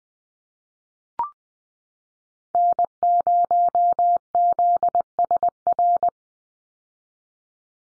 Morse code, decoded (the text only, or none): N0ZSR